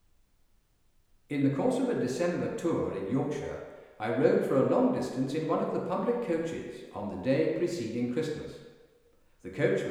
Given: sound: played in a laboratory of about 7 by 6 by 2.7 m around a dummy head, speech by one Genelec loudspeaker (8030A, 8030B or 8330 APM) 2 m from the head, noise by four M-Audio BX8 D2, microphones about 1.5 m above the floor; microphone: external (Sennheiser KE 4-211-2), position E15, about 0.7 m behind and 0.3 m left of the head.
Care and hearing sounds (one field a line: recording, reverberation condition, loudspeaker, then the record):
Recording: male speech in English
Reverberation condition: high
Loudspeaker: 120 degrees to the left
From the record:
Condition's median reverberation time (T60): about 1300 ms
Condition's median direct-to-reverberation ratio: about -4.0 dB